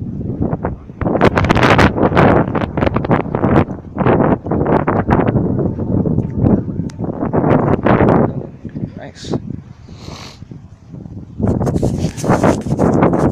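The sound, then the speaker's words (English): Wind buffets the microphone in loud, rumbling gusts, a heavy low roar surging and dropping in uneven bursts, with a brief quieter lull before the blasts pick up again. “It's windy.”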